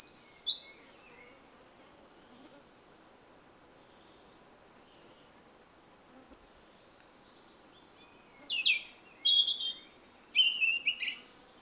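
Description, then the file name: European robin: a short burst of high warbling notes, about seven seconds of near silence, then a longer, rich phrase of tinkling, twittering trills. "Erithacus rubecula"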